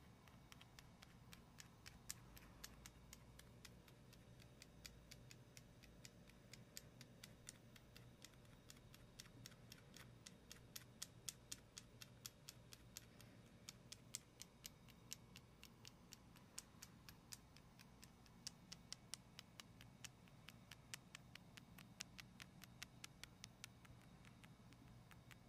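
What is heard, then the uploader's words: Gentle tapping and scratching in a fairly dense, uneven stream of light clicks and ticks that runs the full length without pause. The taps are crisp and bright, some slightly louder than others, over a steady low hum that stays underneath throughout. ASMR medium gentle tapping and scratching.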